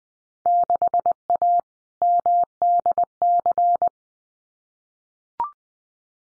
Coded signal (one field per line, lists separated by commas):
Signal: Morse code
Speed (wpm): 20 wpm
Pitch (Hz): 700 Hz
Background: none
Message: 6A MDC